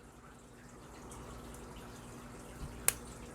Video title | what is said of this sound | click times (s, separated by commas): LEGO HORROR MOVIE FIGURES FROM TEMU , UNBOXING AND REVIEW . LEATHERFACE , FREDDY , JASON , MICHAEL . | and then we will put his arms on put them on until you hear that little click | 2.9 s